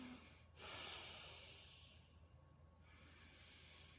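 A single forceful breath through the nose lasts about one and a half seconds, with a hissing, slightly snorting airflow, then fades to quieter breathing. Noisy nasal breathing, from an adult man who reports having sleep apnea, which he attributes to heavy smoking, and who makes noises at night.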